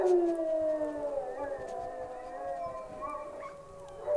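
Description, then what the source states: Wolf howls, a high tone sliding downward at the start, then smooth sustained overlapping howls with a faint rising note near the end. Wolves howling at the moon.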